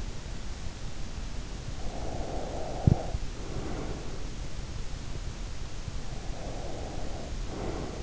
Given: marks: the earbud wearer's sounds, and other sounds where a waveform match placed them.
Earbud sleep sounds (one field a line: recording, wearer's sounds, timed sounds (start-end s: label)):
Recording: sounds in sleep by an in-ear microphone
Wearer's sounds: breath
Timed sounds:
1.85-3.99 s: breath
6.18-8.03 s: breath